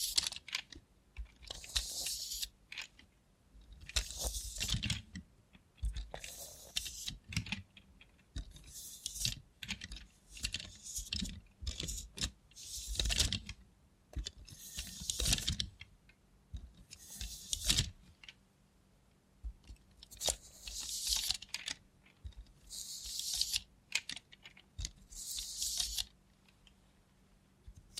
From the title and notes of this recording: Try ASMR with a Robot Hand (No Talking).